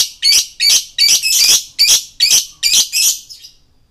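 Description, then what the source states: Lovebird chirping in a rapid series of harsh, high chirps, then falling quiet. Male lovebird; described as 'gacor', singing continuously and energetically.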